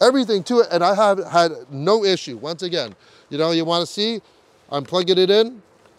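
A Lectron V2L adapter plug is being plugged into the charge port of a Hyundai IONIQ 5 again to show that it fits. A man talks throughout, with short pauses between phrases. Nothing has seated or clicked yet.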